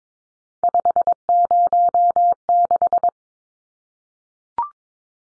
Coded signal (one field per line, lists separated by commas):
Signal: Morse code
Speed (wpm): 22 wpm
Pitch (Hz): 700 Hz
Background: none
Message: 506